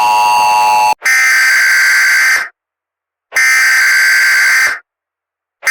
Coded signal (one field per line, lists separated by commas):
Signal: Emergency Alert System (SAME) tones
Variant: header bursts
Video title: Eastern Seaboard EAS